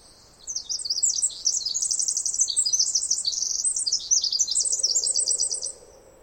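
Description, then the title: Pacific wren song, a long rapid cascade of high tinkling trills and buzzy warbles running unbroken for about five seconds, with a faint low hum in the background. Singing in trees above the microphone for about 20 minutes, then flying down closer; morning after a dawn chorus, May 11-13, 2018, while camping on the Snider Jackson/Rugged Ridge trail. "The very loud Pacific Wren"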